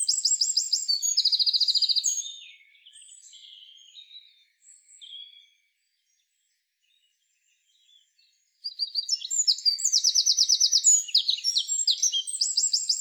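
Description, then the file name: Eurasian wren song in two bursts of fast, very high trills and sharp notes, separated by a quiet gap with soft chirping. "Troglodytes troglodytes"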